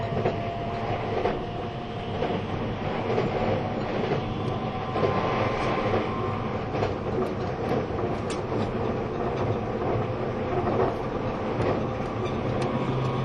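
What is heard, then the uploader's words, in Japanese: Running sound of a train in motion: a dense, steady rumble with low roar and hiss that holds an even loudness throughout. Faint clicks and brief squeals surface now and then, a few clustered around the middle and near the end. E257系 あずさ19号03 甲府～松本。音の旅(走行音)。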